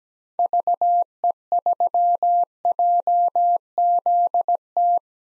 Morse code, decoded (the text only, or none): VE3JZT